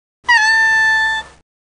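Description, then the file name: Ring-tailed lemur howl, one drawn-out mewing cry about a second long, briefly higher at the start then held steady, rich in harmonics. "Lemur catta--howl"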